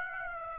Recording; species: mosquito wingbeat signal from an infrared sensor; Aedes aegypti